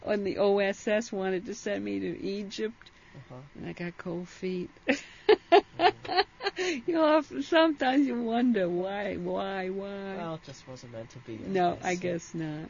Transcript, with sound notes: And the OSS wanted to send me to Egypt, and I got cold feet. ( she laughs ) You know, sometimes you wonder why, why, why?
Well, it just wasn't meant to be.
No, I guess not.